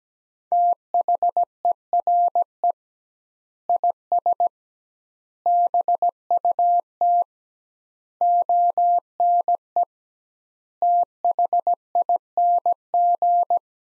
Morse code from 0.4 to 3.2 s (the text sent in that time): THERE